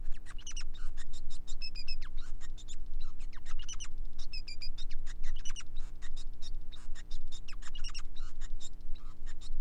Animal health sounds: song of a male Bengalese finch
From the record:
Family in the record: son of father 5

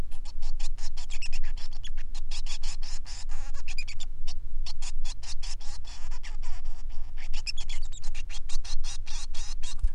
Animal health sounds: song of a male Bengalese finch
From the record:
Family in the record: son of father 3

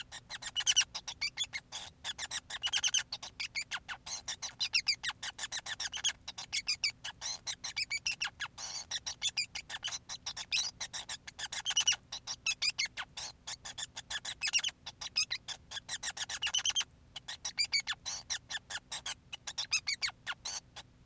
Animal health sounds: song of a male Bengalese finch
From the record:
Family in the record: son of father 5

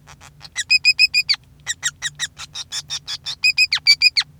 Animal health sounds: song of a male Bengalese finch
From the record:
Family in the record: son of father 5

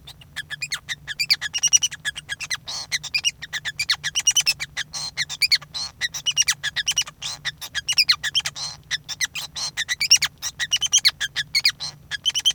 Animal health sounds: song of a male Bengalese finch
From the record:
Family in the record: son of father 5

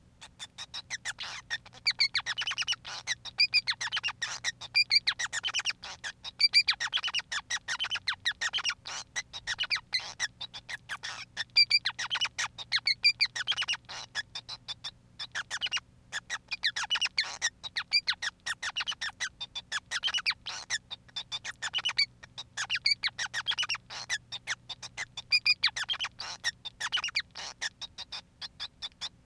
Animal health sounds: song of a male Bengalese finch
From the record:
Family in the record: son of father 5

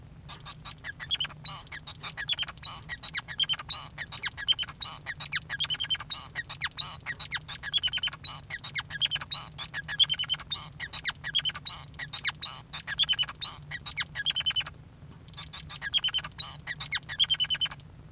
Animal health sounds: song of a male Bengalese finch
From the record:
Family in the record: son of father 5

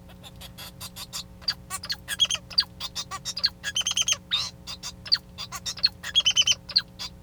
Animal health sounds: song of a male Bengalese finch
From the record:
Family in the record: son of father 2

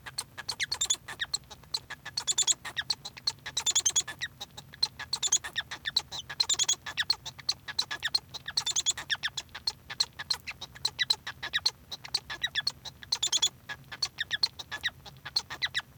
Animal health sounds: song of a male Bengalese finch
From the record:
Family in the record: son of father 1

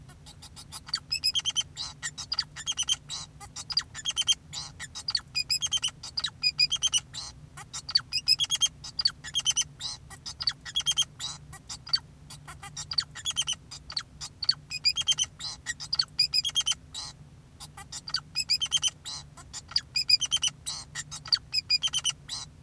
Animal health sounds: song of a male Bengalese finch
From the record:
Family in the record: son of father 2, and himself father 4

